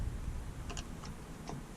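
A greased Nismo solid short-shifter part is being fitted by hand into the gear shifter housing of an A31 car. A few light ticks are heard at about 0.7, 0.8 and 1.5 seconds over a low background rumble. The part has not seated yet by the end.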